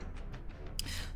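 A swappable arm is pulled out of the shoulder socket of a sixth-scale plastic Hot Toys Terminator T-800 2.0 action figure. After quiet handling and a faint tap at 0.35 s, a sharp pop at 0.8 s marks the arm coming free of the socket, followed by soft handling noise.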